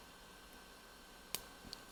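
During repair of a TS100 soldering iron, a small plastic T-piece that was sticking out of the screw hole is pressed back into the housing. After a steady low hiss, it snaps home with a sharp click at 1.3 s, followed by a fainter tick at about 1.7 s. The piece is seated in place.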